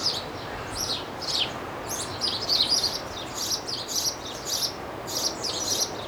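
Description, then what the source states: Birds: busy bird twittering, rapid high chirps tumbling one after another throughout, above an even background hiss. Birds in a seaside garden; looped sound effect.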